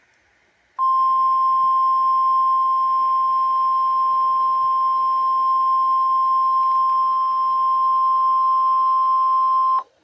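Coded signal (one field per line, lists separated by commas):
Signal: Emergency Alert System (SAME) tones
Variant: 1050 Hz attention tone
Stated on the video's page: NOAA Weather Radio required weekly test of the National Weather Service warning alarm tone for north-central and northeast Illinois and Indiana, screen-recorded with the Mobizen app.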